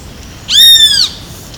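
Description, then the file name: Great kiskadee giving a single loud, nasal, harmonic-rich note that arches slightly and lasts about half a second, against quiet background. Call; recorded at Ibirapuera, São Paulo, Brazil; dated 7-12-12. "Pitangus-sulphuratus-calls-Ibirapuera-SP-BR-7-12-12-ASIlveira"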